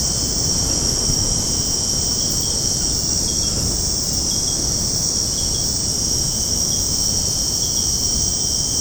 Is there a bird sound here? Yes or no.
no